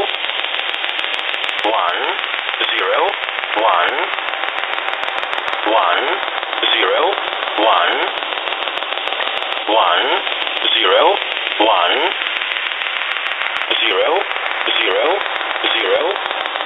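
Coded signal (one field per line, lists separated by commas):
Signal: numbers station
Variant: E07a English Man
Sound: male voice reading short words at a steady pace through heavy hiss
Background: radio static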